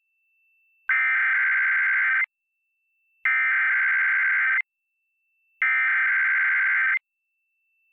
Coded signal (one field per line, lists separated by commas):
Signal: Emergency Alert System (SAME) tones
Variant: header bursts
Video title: EAS #608: EAS Required Monthly Test- Mar. 7, 2022- 10:15AM PST